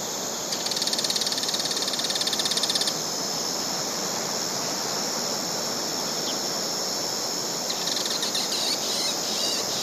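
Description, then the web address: Bull-headed shrike giving a rapid, harsh rattling chatter of high pulses for about two seconds, with a fainter burst later, over steady background hiss. Izumi. "izumino saunndo mozu"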